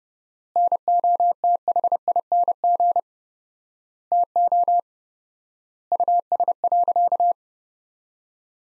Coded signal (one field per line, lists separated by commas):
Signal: Morse code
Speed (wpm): 30 wpm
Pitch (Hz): 700 Hz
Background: none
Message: NOTHING TO US.